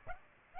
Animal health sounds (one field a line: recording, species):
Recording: mosquito wingbeat signal from an infrared sensor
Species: Aedes aegypti